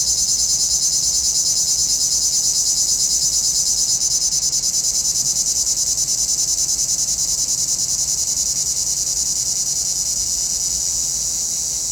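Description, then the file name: Cicadas singing a dense, high-pitched pulsing drone, about three throbs each second, continuous and steady for the whole stretch. Cicadas in a pinewood. "Relaxing Music Therapy - Sounds from a Pinewood Cicadas"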